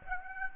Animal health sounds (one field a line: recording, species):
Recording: mosquito wingbeat signal from an infrared sensor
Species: Aedes aegypti